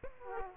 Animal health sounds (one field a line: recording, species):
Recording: mosquito wingbeat signal from an infrared sensor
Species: Aedes aegypti